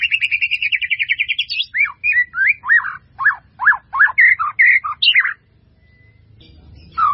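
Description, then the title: White-rumped Shama song: a fast rattling trill of rising notes, then a run of loud varied whistled and swooping phrases, a short pause, and one final note. "murai batu"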